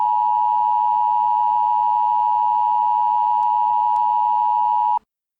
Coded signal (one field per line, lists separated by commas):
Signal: Emergency Alert System (SAME) tones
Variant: 853 and 960 Hz attention tone